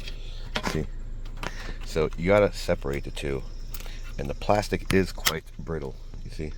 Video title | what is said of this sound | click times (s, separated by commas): How To Remove/Fix/Reattach 2022-2025 Honda Civic Rear View Mirror. | This snaps into place just like over here. | 0.6 s